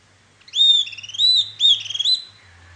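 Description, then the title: Bird singing three high whistled phrases joined by runs of rapid beaded notes, with a faint low hum underneath. "LuckyPassaro Completos2Sama"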